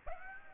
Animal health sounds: mosquito wingbeat signal from an infrared sensor; Aedes aegypti

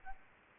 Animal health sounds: mosquito wingbeat signal from an infrared sensor; Aedes aegypti

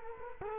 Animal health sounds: mosquito wingbeat signal from an infrared sensor; Culex quinquefasciatus

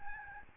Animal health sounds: mosquito wingbeat signal from an infrared sensor; Aedes albopictus

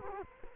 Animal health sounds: mosquito wingbeat signal from an infrared sensor; Culex quinquefasciatus

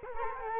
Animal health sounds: mosquito wingbeat signal from an infrared sensor; Culex quinquefasciatus

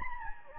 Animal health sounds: mosquito wingbeat signal from an infrared sensor; Anopheles gambiae

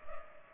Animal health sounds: mosquito wingbeat signal from an infrared sensor; Culex pipiens

